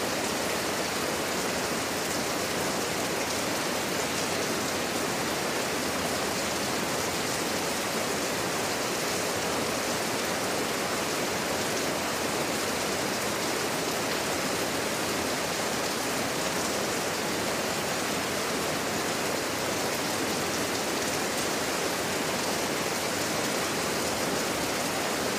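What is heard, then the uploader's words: Dense, steady jungle rain hisses without pause, a bright, even wash of countless drops with no distinct events or changes throughout. Jungle Rain Sounds.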